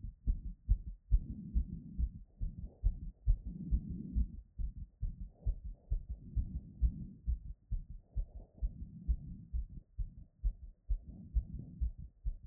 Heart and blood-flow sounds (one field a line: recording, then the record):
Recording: heart sounds by stethoscope after running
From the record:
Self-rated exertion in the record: light exertion (2 of 6)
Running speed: 5 mph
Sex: female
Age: 18 years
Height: 162 cm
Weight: 62 kg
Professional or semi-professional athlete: no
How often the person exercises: 1 to 2 times a week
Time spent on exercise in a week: under 1 hour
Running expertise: no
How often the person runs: under once a week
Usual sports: walking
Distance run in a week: 2 km